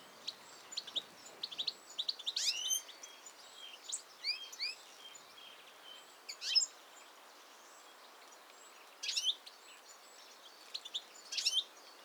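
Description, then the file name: European goldfinch calls, bursts of quick tinkling, twittering notes that come and go, with a faint steady background hiss. "Carduelis carduelis"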